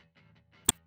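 A new headlight bulb for a 2008–2011 Ford Focus is slid into its plastic plug socket, tab side aligned with the plug's tab side, and pressed down until it clicks. Over a faint low hum, one sharp, bright click rings out at 0.7 s. The bulb is fully seated and does not come out.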